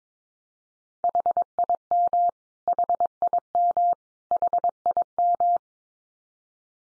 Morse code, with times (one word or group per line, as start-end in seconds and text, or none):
1.0-2.3 HIM
2.7-3.9 HIM
4.3-5.6 HIM